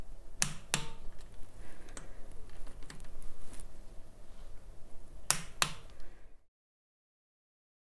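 A torque wrench set to 8–12 Nm tightens the small valve-cover bolts on a rebuilt motorcycle engine. Sharp paired clicks ring out at 0.4 and 0.7 seconds and again at 5.3 and 5.6 seconds, with fainter ticks in between. The wrench clicks at its setting at 0.4 and 5.3 seconds on successive bolts.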